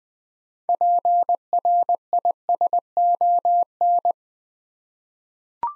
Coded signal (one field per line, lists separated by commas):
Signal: Morse code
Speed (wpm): 20 wpm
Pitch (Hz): 700 Hz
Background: none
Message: PRISON